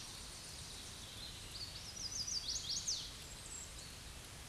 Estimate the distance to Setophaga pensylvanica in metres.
about 35 m